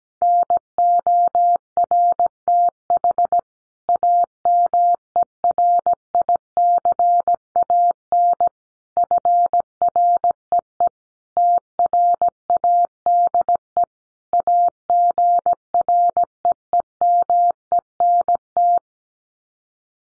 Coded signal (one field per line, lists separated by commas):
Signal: Morse code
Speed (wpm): 17 wpm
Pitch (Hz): 700 Hz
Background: none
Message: NORTH AMERICAN FREE TRADE AGREEMENT